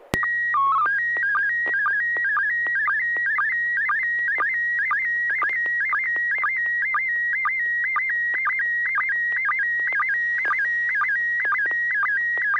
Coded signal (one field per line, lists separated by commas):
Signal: SSTV (slow-scan television)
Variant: PD 120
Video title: N6NA SSTV Net - 07/07/2021